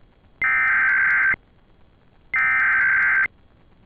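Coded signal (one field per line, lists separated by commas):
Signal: Emergency Alert System (SAME) tones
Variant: header bursts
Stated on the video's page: Georgia child abduction EAS alert, received via an internet stream.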